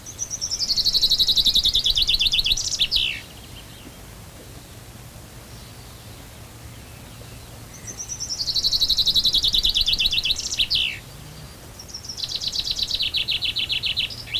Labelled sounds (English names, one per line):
Common Chaffinch song